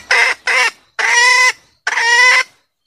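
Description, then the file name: Junglefowl hen giving harsh, nasal squawks: two short calls, then two longer drawn-out ones with pauses between. Female asking to mate. "suara ayam hutan betina minta kawin"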